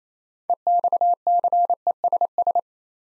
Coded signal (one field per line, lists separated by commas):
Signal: Morse code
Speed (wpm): 27 wpm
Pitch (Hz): 700 Hz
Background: none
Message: EXCESS